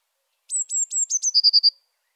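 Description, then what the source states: Eurasian blue tit song: one high phrase of about five thin descending notes followed by a faster trill of lower, even notes, in otherwise silent surroundings. Saint-Michel-l'Observatoire.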